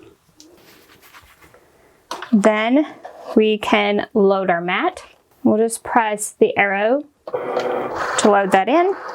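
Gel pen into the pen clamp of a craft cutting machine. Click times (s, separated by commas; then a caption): 0.4 s. A pink glitter gel pen, held from the bottom, is pressed down into the open pen clamp A on the pen side of a Cricut Explorer craft cutting machine, and it clicks into place at 0.4 s before the clamp is closed. Faint quiet sounds follow, then someone talks from about 2.1 s onward.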